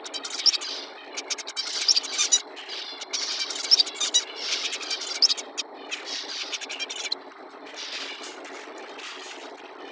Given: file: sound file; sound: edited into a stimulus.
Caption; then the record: The recovered song signal after the corrupted signal was processed by our biological inspired noise-reduction algorithm.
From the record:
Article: Noise-invariant Neurons in the Avian Auditory Cortex: Hearing the Song in Noise